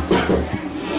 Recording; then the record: coughing mixed with background sound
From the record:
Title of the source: Residual Phlegmy Morning Coughing and Gagging